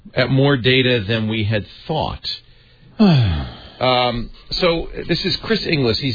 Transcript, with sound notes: at more data than we had thought. [Sighing] So this is Chris Inglis.